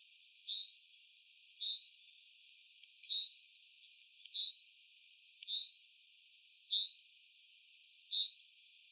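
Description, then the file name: Common chaffinch giving a short, high, upslurred whistled note, repeated steadily about once every 1.2 seconds. "Fringilla coelebs"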